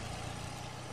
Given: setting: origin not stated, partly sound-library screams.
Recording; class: one-second piece from a danger detection set; normal situation